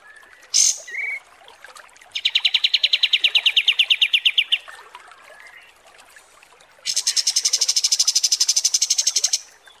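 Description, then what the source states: Kapas tembak song: two brief sharp chirps, then a rapid pulsed trill of over two seconds, soft twitters, and a second, higher buzzy trill toward the end. Masteran training recording for kapas tembak birds, used to tutor song.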